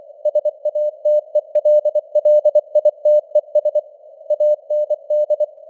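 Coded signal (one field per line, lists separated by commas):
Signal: Morse code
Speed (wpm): 24 wpm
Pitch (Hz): 600 Hz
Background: none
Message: SATELLITES AND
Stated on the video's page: News headlines sent in Morse at 24 wpm with simulated radio noise and varying signal strength (QSB).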